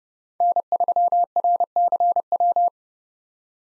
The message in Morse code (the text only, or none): N3RCW